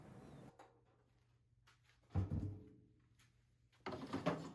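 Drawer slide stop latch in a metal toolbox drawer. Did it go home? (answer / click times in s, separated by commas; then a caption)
no / none. A metal toolbox drawer is pulled out on its friction slides, giving a scraping slide, a heavier thunk and rumble around 2.2 seconds, and a sharp rattling jolt near 3.9 seconds. The drawer slide stop latch is being handled, and its nub catches and stops the drawer. Nothing has seated or clicked into place yet.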